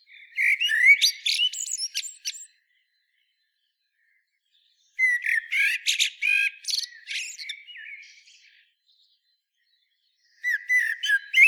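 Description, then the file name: Common blackbird singing rich mellow whistles that break into thin, high chattering twitters, three phrases separated by silent gaps, the last cut off at the end. "Turdus merula"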